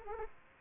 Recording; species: mosquito wingbeat signal from an infrared sensor; Aedes aegypti